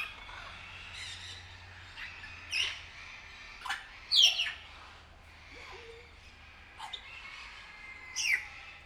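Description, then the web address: Grey parrot giving short, sharp squawks at irregular gaps. The loudest comes midway, with softer calls scattered before and after. Captive bird at Nyíregyháza Zoo, recorded in 2019; longer recording. "allathangok nyiregyhazizoo 2019 professzionalis jako papagaj hosszabban nyiregyhaza"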